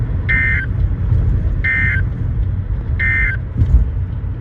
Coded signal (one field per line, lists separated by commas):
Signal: Emergency Alert System (SAME) tones